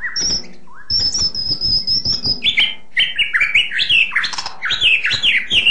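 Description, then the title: White-rumped shama song: a thin high sustained whistle, then a quick series of bright falling whistled notes and chattering twitters. "kicau murai batu panjang"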